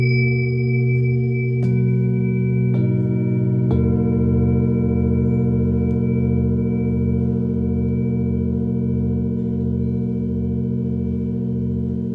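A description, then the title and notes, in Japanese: Singing bowls for sound healing ring with a thick, steady hum of sustained tones. New strikes land at about 1.7, 2.7 and 3.7 seconds, each adding fresh overtones. Afterwards the layered drone holds at an even level, slowly pulsing and shimmering until the end. 春分 メキシコから シンギングボウルのサウンドヒーリング。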